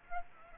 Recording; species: mosquito wingbeat signal from an infrared sensor; Aedes aegypti